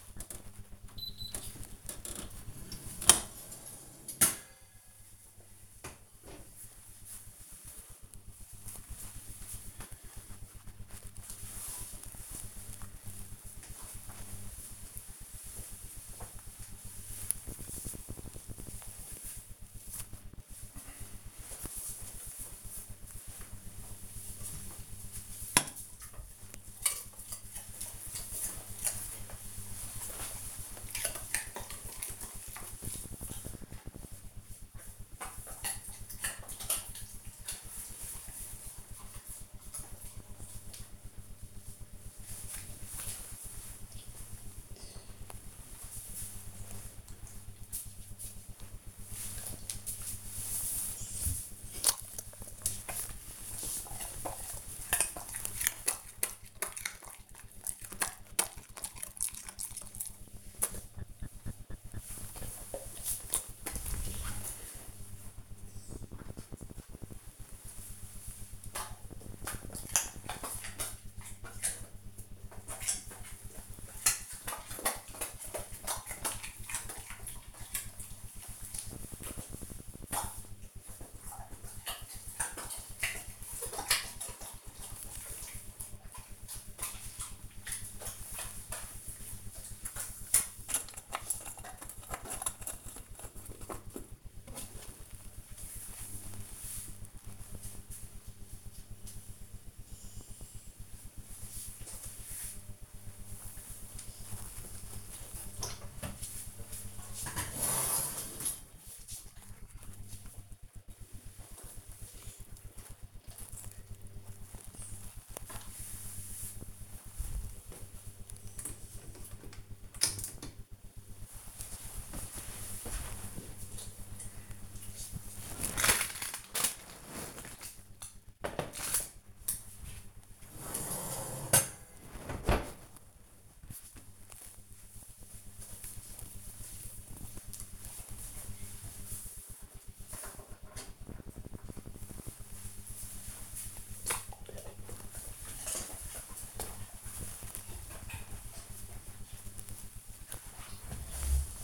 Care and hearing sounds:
household activities, microphone on the right wrist
0.00-68.34 s: baking
74.35-139.58 s: pet the dog

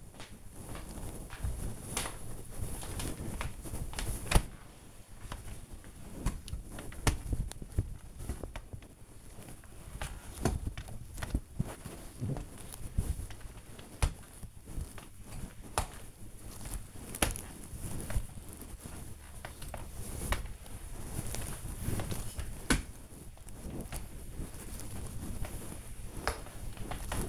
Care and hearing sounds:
household activities, microphone on the right wrist
0.00-27.29 s: floor cleaning

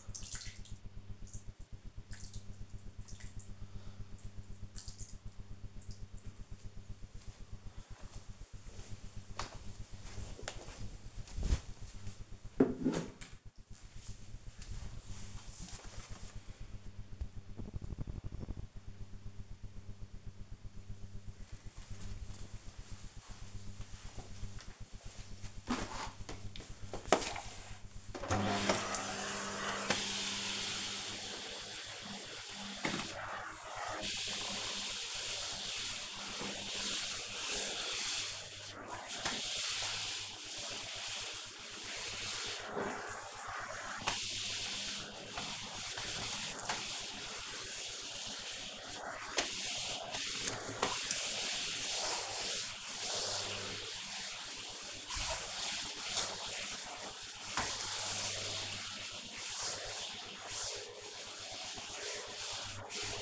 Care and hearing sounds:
household activities, microphone on the right wrist
0.00-6.97 s: watering plant
27.06-63.21 s: vacuum cleaning

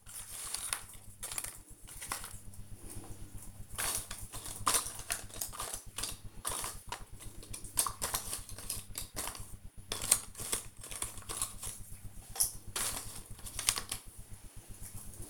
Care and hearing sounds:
household activities, microphone on the right wrist
0.00-15.30 s: doing a puzzle

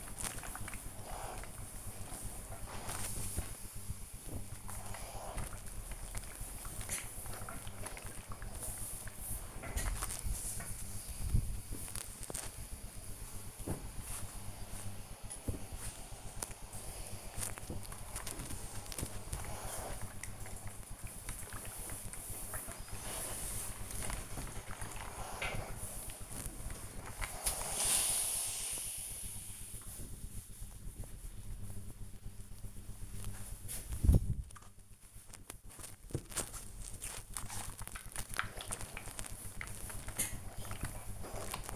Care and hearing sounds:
household activities, microphone on the right wrist
0.00-41.76 s: ironing laundry

